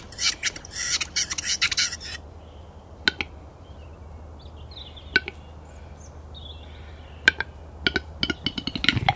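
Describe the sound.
Western capercaillie giving sharp, isolated clicks a couple of seconds apart, then a faster run of knocks, after a burst of chattering.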